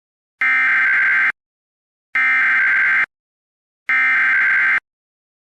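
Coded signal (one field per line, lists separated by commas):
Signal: Emergency Alert System (SAME) tones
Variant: header bursts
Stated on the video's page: Blizzard warning carried on a weather radio station.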